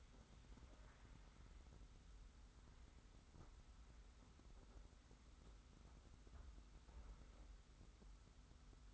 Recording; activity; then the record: daily activity, microphone in the room; wipe stove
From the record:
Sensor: 3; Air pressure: 991.4 hPa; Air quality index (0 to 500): 146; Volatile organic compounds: 419 ppm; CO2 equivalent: 4702 ppm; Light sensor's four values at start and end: 51/139/57/50 and 51/140/57/50